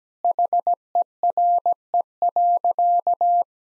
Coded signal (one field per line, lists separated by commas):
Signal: Morse code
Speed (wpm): 17 wpm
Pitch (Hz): 700 Hz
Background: none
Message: HERE.